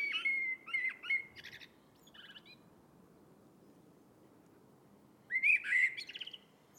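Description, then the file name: Eurasian blackbird song: a warbled phrase with high squeaky notes at the start, a hissy lull, then another loud fluted phrase near the end. "Turdus merula"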